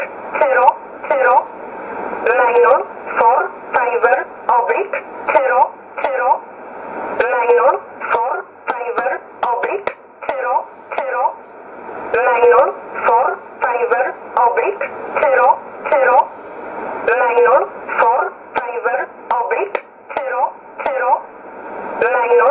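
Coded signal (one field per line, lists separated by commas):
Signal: numbers station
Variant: E11 Oblique, English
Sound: a voice reading short, evenly spaced words, about one every 0.7 seconds, over radio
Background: radio static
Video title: 03 06 2020 E11 Oblique Numbers station in English 0641 on 15800 unknown tx site in USB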